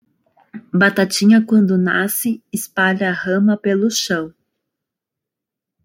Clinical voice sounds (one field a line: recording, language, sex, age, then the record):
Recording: short text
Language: Brazilian Portuguese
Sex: female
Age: 30 to 39 years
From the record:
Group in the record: control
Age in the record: 31 years